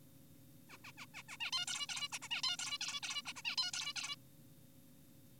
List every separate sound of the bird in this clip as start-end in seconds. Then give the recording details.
0.70-0.78, 0.84-0.92, 0.98-1.06, 1.14-1.23, 1.29-1.37, 1.40-1.51, 1.53-1.66, 1.68-1.87, 1.89-2.08, 2.12-2.19, 2.22-2.28, 2.31-2.42, 2.44-2.57, 2.59-2.78, 2.81-3.00, 3.03-3.22, 3.26-3.33, 3.36-3.42, 3.45-3.56, 3.58-3.71, 3.74-3.93, 3.96-4.16. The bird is an adult. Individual g4p5U